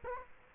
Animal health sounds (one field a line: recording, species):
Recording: mosquito wingbeat signal from an infrared sensor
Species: Culex quinquefasciatus